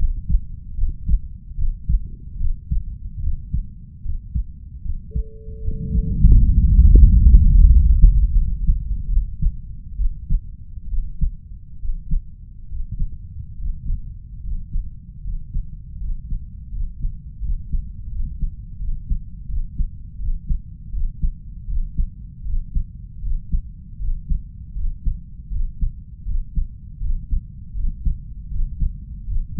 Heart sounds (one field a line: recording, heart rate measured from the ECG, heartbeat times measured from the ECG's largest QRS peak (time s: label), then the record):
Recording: heart sounds by stethoscope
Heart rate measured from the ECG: 78 bpm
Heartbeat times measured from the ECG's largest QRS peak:
0.75 s: heartbeat
1.55 s: heartbeat
2.37 s: heartbeat
3.20 s: heartbeat
4.02 s: heartbeat
4.82 s: heartbeat
5.61 s: heartbeat
6.34 s: heartbeat
7.02 s: heartbeat
7.68 s: heartbeat
8.33 s: heartbeat
9.08 s: heartbeat
9.96 s: heartbeat
10.88 s: heartbeat
11.79 s: heartbeat
12.68 s: heartbeat
13.56 s: heartbeat
14.41 s: heartbeat
15.22 s: heartbeat
15.98 s: heartbeat
16.70 s: heartbeat
17.40 s: heartbeat
18.09 s: heartbeat
18.78 s: heartbeat
19.46 s: heartbeat
20.17 s: heartbeat
20.90 s: heartbeat
21.66 s: heartbeat
22.43 s: heartbeat
23.20 s: heartbeat
23.97 s: heartbeat
24.73 s: heartbeat
25.49 s: heartbeat
26.24 s: heartbeat
26.99 s: heartbeat
27.73 s: heartbeat
28.48 s: heartbeat
29.25 s: heartbeat
From the record:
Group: healthy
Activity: rest 0-8 s, breath hold 8-30 s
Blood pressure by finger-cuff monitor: 100/59 mmHg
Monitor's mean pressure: 70 mmHg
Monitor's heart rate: 80 bpm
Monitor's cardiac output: 5.3 L/min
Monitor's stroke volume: 67 mL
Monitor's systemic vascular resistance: 900 dyn s/cm5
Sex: female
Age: 32 years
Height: 168 cm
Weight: 61.9 kg